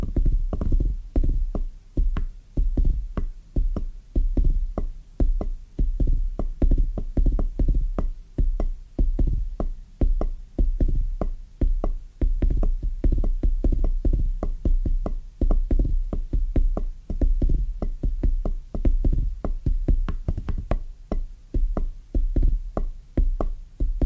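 Soft, bassy tapping runs steadily through all 24 seconds, a dense stream of dull low knocks with little brightness on top. The taps fall in quick, mostly regular rhythmic clusters, pulsing slightly in strength, with no pauses or other sounds.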